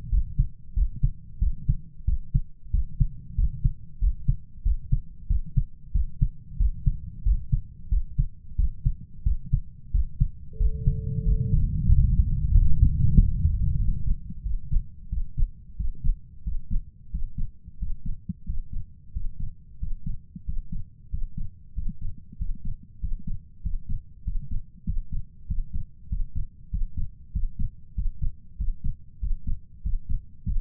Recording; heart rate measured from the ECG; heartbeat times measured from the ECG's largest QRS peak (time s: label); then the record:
heart sounds by stethoscope; 93 bpm
0.12 s: heartbeat
0.77 s: heartbeat
1.42 s: heartbeat
2.08 s: heartbeat
2.74 s: heartbeat
3.38 s: heartbeat
4.02 s: heartbeat
4.66 s: heartbeat
5.30 s: heartbeat
5.95 s: heartbeat
6.60 s: heartbeat
7.26 s: heartbeat
7.92 s: heartbeat
8.59 s: heartbeat
9.26 s: heartbeat
9.94 s: heartbeat
10.60 s: heartbeat
11.26 s: heartbeat
11.91 s: heartbeat
12.54 s: heartbeat
13.17 s: heartbeat
13.79 s: heartbeat
14.45 s: heartbeat
15.12 s: heartbeat
15.79 s: heartbeat
16.45 s: heartbeat
17.13 s: heartbeat
17.81 s: heartbeat
18.48 s: heartbeat
19.15 s: heartbeat
19.81 s: heartbeat
20.47 s: heartbeat
21.12 s: heartbeat
21.76 s: heartbeat
22.39 s: heartbeat
23.02 s: heartbeat
23.64 s: heartbeat
24.26 s: heartbeat
24.87 s: heartbeat
25.49 s: heartbeat
26.10 s: heartbeat
26.72 s: heartbeat
27.34 s: heartbeat
27.97 s: heartbeat
28.59 s: heartbeat
29.22 s: heartbeat
29.84 s: heartbeat
30.47 s: heartbeat
From the record:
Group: healthy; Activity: rest 0-11 s, breath hold 11-31 s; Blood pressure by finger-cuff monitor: 132/71 mmHg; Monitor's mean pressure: 88 mmHg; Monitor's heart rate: 92 bpm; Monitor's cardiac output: 7.9 L/min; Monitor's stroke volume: 86 mL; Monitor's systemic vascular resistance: 820 dyn s/cm5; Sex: male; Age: 21 years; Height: 175 cm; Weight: 72.6 kg